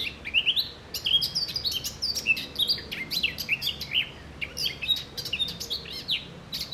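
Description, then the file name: Eurasian blackcap song: a continuous, rich warble of quick chirps and fluty, rising and falling whistles. "Sylvia atricapilla"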